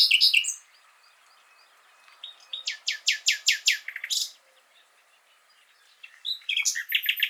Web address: SETE data Luscinia megarhynchos